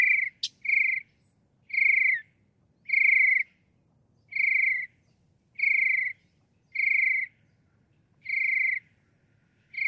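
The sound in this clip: Northern mockingbird repeating one short note about every 1.3 seconds, steady and clear.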